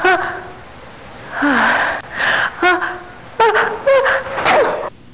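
An adult sneezing: a few voiced 'ah' sounds, each followed by a sharp, noisy burst.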